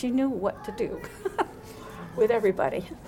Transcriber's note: chuckles